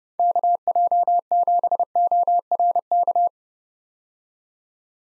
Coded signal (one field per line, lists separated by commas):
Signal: Morse code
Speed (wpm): 32 wpm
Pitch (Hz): 700 Hz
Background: none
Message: KJ7ORK